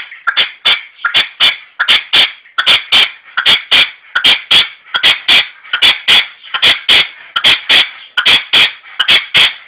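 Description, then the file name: Red-legged partridge in a long, regular run of grating chuffing phrases, each a quick cluster of notes, repeated without pause. "perdiz roja-sonido"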